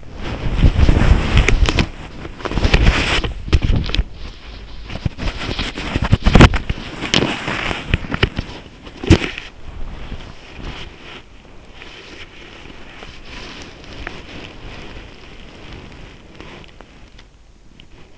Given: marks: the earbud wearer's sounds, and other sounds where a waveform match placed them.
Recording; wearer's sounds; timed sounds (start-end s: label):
sounds in sleep by an in-ear microphone; body movement
0.00-18.18 s: body movement